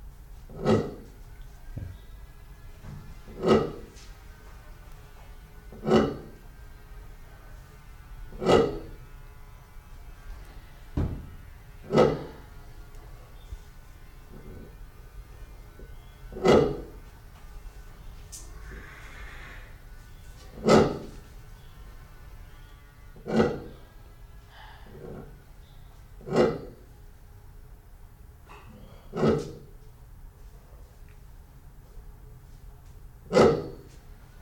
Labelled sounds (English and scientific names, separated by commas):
Kori Bustard (Ardeotis kori) call